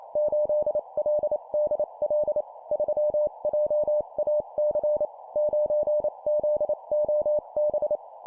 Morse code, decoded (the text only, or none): 8LDL 3JAC 9ZOB